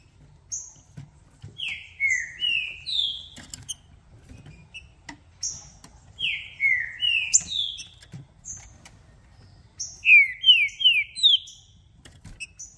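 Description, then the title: Green-winged saltator song, three phrases of rich downslurred whistled notes, separated by pauses with sharp high chirps and soft clicking. Song played to warm up a caged bird for a singing contest, to make it call, sing and show male aggression, with several song types. "Esse É PERFEITO Para ESQUENTAR Seu TRINCA Piando, Cantando E Macheando Na DISPUTA. Trinca Ferro VALENTE! VIRANDO VARIOS TIPOS DE CANTOS!! Melhor para ABRIR O CANTO!!"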